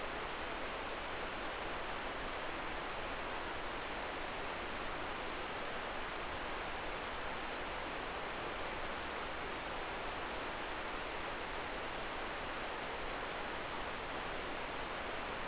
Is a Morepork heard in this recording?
no